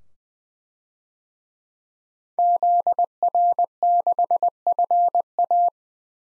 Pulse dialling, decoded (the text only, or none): none